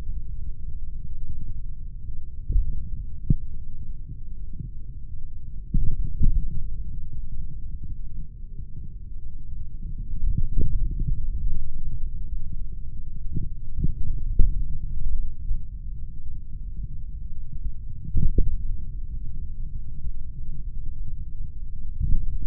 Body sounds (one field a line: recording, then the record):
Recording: forearm muscle sounds (acoustic myography)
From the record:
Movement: finger pinch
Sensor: system 3, bracelet of six PUI Audio POM-2738L microphones around the upper forearm, with dedicated amplification and filtering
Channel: 6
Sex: male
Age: 26 years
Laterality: right